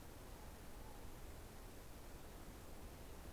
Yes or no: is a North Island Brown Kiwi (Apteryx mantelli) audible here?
no